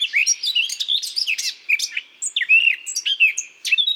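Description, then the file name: Eurasian blackcap delivering a dense warble of clear whistles mixed with rapid twittering and scratchy notes, continuous through the whole stretch. "Sylvia atricapilla"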